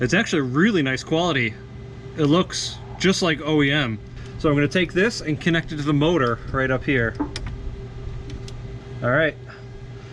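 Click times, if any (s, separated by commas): 8.3 s, 8.5 s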